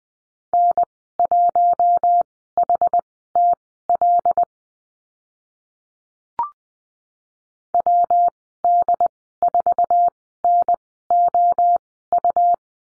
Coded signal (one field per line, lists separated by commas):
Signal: Morse code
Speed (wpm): 19 wpm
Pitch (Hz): 700 Hz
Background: none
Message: N1HTL WD4NOU